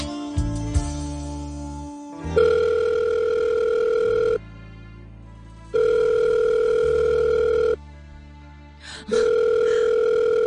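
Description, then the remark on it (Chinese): A phone line rings out unanswered: a steady electronic ring tone sounds in long bursts of about two seconds, separated by short silences, after a brief jumble of beeps at the start. “听电话啦，你听电话啦，求下你啊！”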